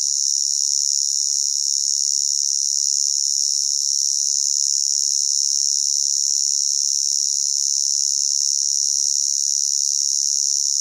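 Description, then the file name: Cricket or cicada call, an intense high-pitched drone that runs without a break for the whole stretch, steady in pitch and loudness. Loud constant single chirp; Queensland, Australia; summer. "zapsplat animals insects cricket or cicada loud single chirp constant qld australia summer"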